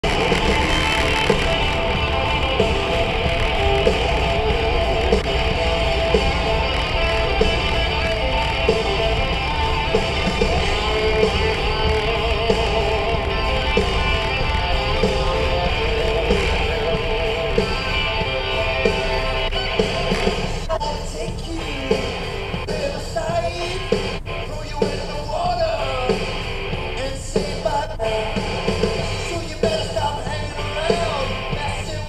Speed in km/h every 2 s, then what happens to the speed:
31, 30, 29, 29, 29, 27, 27, 19, 9, 0, 0, 0, 0, 0, 0, 0.
0-13 steady at about 29. 13-18 brakes to 0. 18-32 standing.